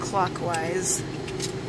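During weekly maintenance on a Vitros 5600 lab chemistry analyzer, the dispense blade is put back into its slot and its retaining knob is turned clockwise. Someone talks over a steady low background hum. The knob has not clicked into place yet and nothing has seated.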